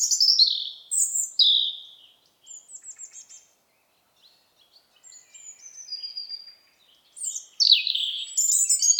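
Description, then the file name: European robin song, varied high warbling phrases broken by short silences, with thin trills and descending notes. "Erithacus rubecula"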